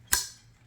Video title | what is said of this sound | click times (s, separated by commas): How to Install a Hampton Bay Ceiling Fan - Rockport 52 in. LED Brushed Nickel #ceilingfan #DIY | That way it's clicked into place. | 0.1 s